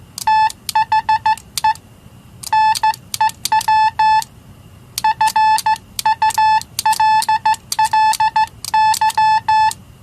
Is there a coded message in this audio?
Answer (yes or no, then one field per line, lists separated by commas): yes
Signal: Morse code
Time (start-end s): 0.3-9.7 s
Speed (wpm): 14 wpm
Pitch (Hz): 870 Hz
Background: none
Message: THE NEW FULLY